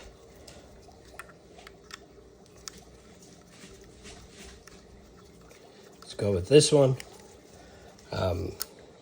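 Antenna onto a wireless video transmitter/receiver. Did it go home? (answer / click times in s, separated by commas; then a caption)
no / none. An antenna is handled near an Accsoon CineView Master 4K wireless video transmitter/receiver before being screwed on, giving faint small ticks and taps around 0.5 to 4.7 seconds. Someone talks from about 6.2 to 7.0 seconds and again around 8.0 to 8.7 seconds. The antenna has not yet seated or clicked into place.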